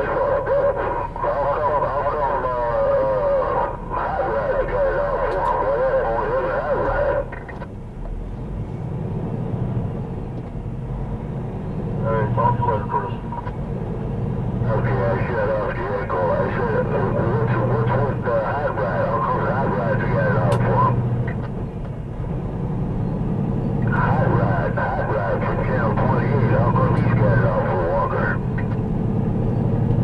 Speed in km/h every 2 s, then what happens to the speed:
0, 0, 0, 0, 0, 0, 0, 0, 0, 0, 27, 29, 39, 42, 45.
0-19 standing. 19-30 pulls away to 45.